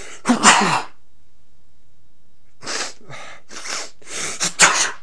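Adults sneeze: one loud, forceful sneeze, then after a pause of about two seconds a quick run of several shorter sneezes in close succession.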